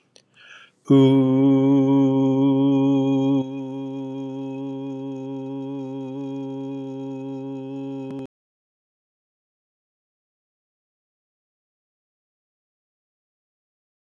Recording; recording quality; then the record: sustained vowel as in boot; excellent, no background noise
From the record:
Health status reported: exposed to COVID-19, no respiratory illness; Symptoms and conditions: fatigue, hypertension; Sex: male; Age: 66 years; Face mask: not worn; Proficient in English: yes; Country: United States